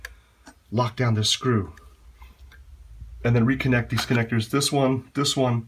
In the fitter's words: away from me and it should lock into place then you can lock